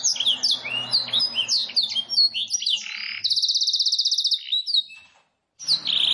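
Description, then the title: Canary song, a fast run of varied whistled sweeps and chirps, then a long rapid buzzy trill, a brief pause, and the song starting again. Domestic canary with a long, very active song meant for training other canaries and luring wild canaries. "Pikat Kenari GACOR PANJANG INI Cocok Untuk Masteran KENARI LIAR"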